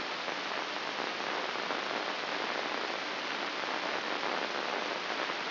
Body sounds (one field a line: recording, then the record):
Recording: brain microelectrode recording played as sound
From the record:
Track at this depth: inside the subthalamic nucleus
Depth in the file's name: 4.018 mm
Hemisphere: left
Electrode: 2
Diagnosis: Parkinson's disease